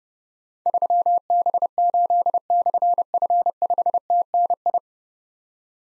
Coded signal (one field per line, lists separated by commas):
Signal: Morse code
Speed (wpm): 30 wpm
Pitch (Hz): 700 Hz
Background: none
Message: 3B8/F5TNI